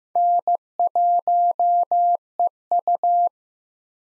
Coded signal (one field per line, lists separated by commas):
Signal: Morse code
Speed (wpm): 15 wpm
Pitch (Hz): 700 Hz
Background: none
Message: N1EU